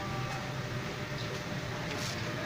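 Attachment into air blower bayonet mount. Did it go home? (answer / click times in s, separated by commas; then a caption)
no / none. A plastic attachment is fitted into the cut-outs on both sides of an air blower's bayonet mount and lined up before being twisted to lock. A steady broadband hum runs through the clip with only faint, soft handling sounds and no sudden sounds. Nothing has seated or clicked yet.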